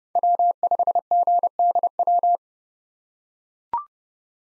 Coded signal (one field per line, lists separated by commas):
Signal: Morse code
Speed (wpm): 31 wpm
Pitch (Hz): 700 Hz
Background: none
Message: W5GDW